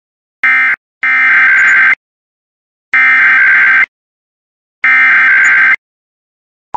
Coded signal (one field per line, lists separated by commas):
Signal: Emergency Alert System (SAME) tones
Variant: header bursts